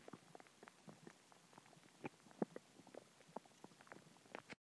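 Tummy sounds from an adult abdomen: frequent short, irregular gurgles and clicks of bowel activity over a quiet background.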